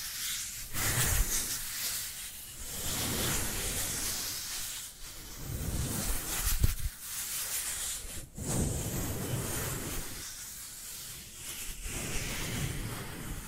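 Dry hands rub together in a continuous scratchy hiss, swelling and easing in slow strokes every second or two. Brief drops in the friction appear around 0.7, 5, 8.3 and 11.8 seconds, with a soft low thump near 6.6 seconds.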